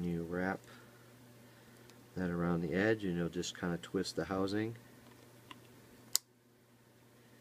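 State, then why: Seated. A plastic scuba dome port is twisted onto a 360 camera underwater housing while someone talks. After the talking stops, a sharp snap at 6.2 s marks the dome seating into place on the housing.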